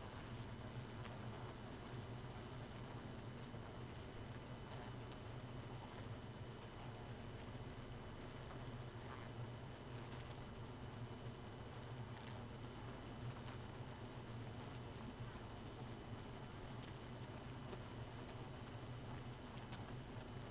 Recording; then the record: honeybee colony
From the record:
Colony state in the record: missing queen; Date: 31 May 2018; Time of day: 2:39